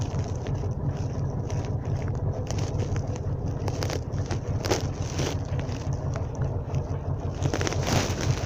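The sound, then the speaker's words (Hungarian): A tractor engine drones with a steady, low, throbbing rumble that grows slightly louder toward the end as the tractor comes back, with occasional gusts of wind noise and no talking. “Az a traktor! Jön vissza, látod, ott van.”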